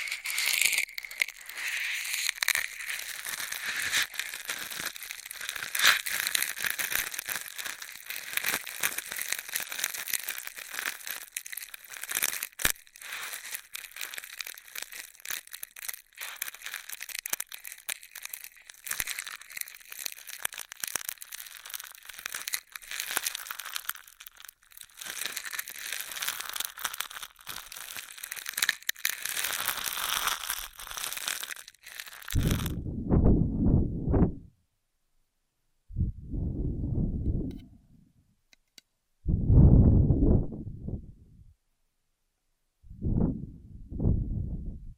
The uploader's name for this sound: Intense Straw Triggers